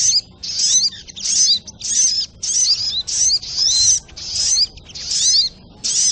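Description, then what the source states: Little Spiderhunter song: high, rapid phrases of sharp notes and twittering, in bursts of about half a second repeated steadily with short pauses, over a quiet background. Training recording (masteran).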